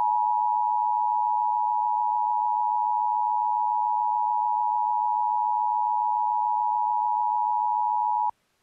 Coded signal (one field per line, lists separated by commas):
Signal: Emergency Alert System (SAME) tones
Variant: 853 and 960 Hz attention tone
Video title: Eas Alert Example For The EAS Spanish Fan Radio